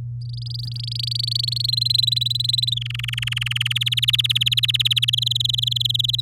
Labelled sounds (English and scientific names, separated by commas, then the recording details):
Domestic Canary (Serinus canaria) song
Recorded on 8 May 2018 at 06:21
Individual llb16